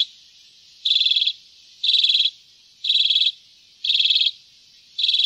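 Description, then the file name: Common redpoll: several high, buzzy trilled bursts repeated steadily about every second, each a quick run of clipped notes. "graasisik"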